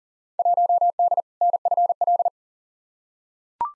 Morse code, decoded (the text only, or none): 1D NFL